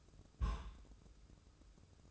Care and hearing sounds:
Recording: daily activity, microphone in the room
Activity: place on stove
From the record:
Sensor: 2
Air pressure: 995.3 hPa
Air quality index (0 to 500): 81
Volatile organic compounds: 3 ppm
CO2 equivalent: 1443 ppm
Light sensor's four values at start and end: 23/74/29/28 and 23/74/29/28

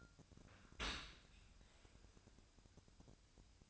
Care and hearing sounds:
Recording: daily activity, microphone in the room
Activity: open dishwasher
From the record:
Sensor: 2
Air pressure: 1003.0 hPa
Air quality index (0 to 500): 198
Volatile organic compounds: 6 ppm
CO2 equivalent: 1880 ppm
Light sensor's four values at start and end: 24/58/25/28 and 24/58/25/28

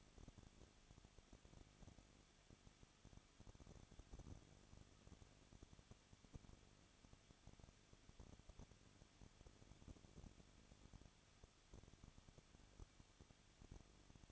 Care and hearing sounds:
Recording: daily activity, microphone in the room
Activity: no activity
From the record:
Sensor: 4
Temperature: 23.1 degrees Celsius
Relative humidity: 34.4%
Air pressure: 1007.2 hPa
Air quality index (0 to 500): 213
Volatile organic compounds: 14 ppm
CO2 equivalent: 2457 ppm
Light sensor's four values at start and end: 2/3/1/1 and 2/3/1/1

